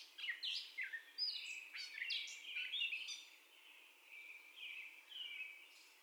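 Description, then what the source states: Gray catbird song: quick scratchy notes and slurs, then softer drawn-out warbled phrases. First song, recorded 30 May 2021 at 04:48.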